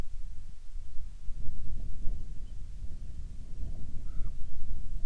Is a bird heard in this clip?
yes